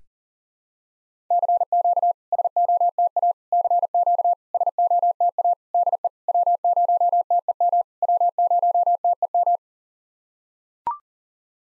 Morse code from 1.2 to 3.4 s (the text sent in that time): CQ SOTA